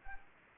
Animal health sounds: mosquito wingbeat signal from an infrared sensor; Anopheles arabiensis

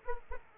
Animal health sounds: mosquito wingbeat signal from an infrared sensor; Aedes aegypti

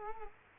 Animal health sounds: mosquito wingbeat signal from an infrared sensor; Culex quinquefasciatus

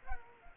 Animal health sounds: mosquito wingbeat signal from an infrared sensor; Culex quinquefasciatus

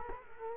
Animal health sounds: mosquito wingbeat signal from an infrared sensor; Culex quinquefasciatus

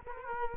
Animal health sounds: mosquito wingbeat signal from an infrared sensor; Culex quinquefasciatus

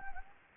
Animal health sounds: mosquito wingbeat signal from an infrared sensor; Anopheles gambiae

